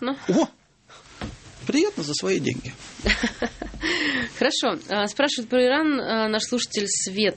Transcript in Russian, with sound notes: О! Приятно – за свои деньги. (смеется)
Хорошо. Спрашивает про Иран наш слушатель Свет.